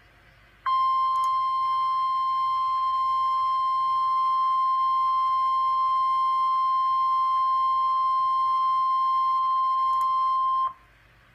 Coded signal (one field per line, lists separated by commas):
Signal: Emergency Alert System (SAME) tones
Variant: 1050 Hz attention tone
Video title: {VERY RARE} {DOUBLE HEADER} EAS #383-384 - 2 Tropical Storm Warnings (Live Stream) 7-2-2014